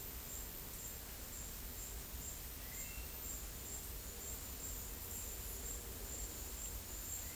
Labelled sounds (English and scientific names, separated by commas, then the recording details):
none
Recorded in dense forest near Puerto Asís, Putumayo, Colombia, on 20 February 2024 at 12:30
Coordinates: 0.487, -76.319
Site G6403